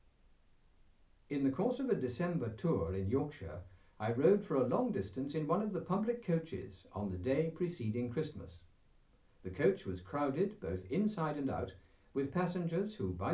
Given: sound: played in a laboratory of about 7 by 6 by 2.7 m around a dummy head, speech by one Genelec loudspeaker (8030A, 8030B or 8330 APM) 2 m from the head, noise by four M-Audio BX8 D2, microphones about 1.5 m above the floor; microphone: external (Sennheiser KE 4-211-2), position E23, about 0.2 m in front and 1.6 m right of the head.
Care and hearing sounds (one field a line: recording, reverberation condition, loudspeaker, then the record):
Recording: male speech in English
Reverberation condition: low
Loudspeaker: 150 degrees to the right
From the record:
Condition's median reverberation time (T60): about 310 ms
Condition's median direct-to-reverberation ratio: about 3.5 dB